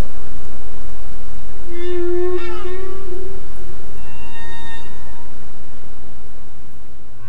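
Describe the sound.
Humpback whale song: a wavering low moan with a brief warbled flourish, then a higher harmonic tone, over steady noise.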